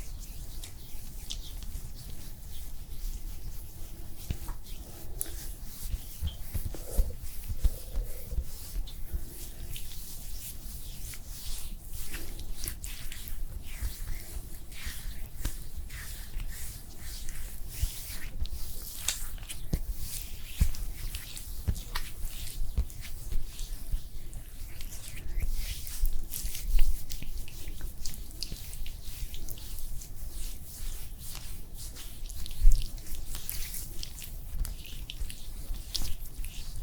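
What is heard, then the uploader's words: An after-sun cooling facial treatment: steady soft rubbing and dabbing with dense, crackly clicks and wet little taps throughout. A faint low hum sits underneath, with a few sharper taps near the end. ASMR After Sun Facial Care Cooling SPA Treatment (Layered + No Talking).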